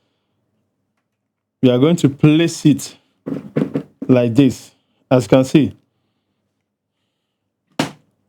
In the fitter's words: Then it's going to snap in place. It's as easy as that.